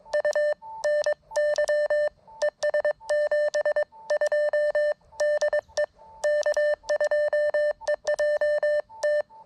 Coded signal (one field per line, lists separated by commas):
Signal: Morse code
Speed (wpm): 22 wpm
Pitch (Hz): 1800 Hz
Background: none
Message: U NY ES 72 DE K2EJT